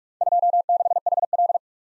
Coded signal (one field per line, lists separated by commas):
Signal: Morse code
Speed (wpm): 44 wpm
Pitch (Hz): 700 Hz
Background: none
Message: 26HL